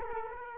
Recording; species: mosquito wingbeat signal from an infrared sensor; Culex quinquefasciatus